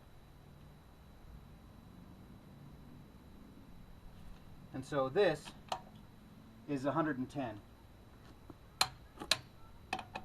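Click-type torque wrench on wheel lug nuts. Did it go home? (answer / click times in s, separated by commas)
yes / 8.8 s, 9.3 s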